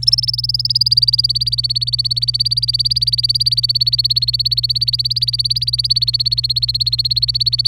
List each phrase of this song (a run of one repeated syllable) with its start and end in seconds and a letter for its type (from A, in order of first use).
0.02-7.67 A